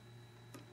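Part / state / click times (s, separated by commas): keyed wire plug into the radio module board socket / not seated / none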